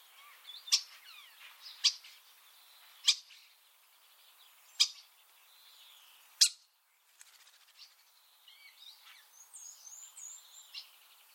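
Common starling calls: several sharp clicks every second or two among soft chatter, then a pause and thin, varied whistles.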